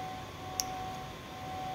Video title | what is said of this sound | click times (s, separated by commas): PDS Equipment shows how to change the M015864 TS Cartridge Valve on your Mimaki printer. | That's good connection. You should hear the click, | 0.6 s